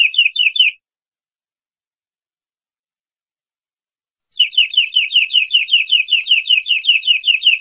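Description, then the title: Canary singing a brief trill of downslurred notes, then after a pause a sustained rolling trill of repeated chirps continuing to the end. Champion-winning canary with a lively, continuous song style (gacor). "Suara Kenari Gacor Suara Kicau Burung Kenari Gacor Juara 1"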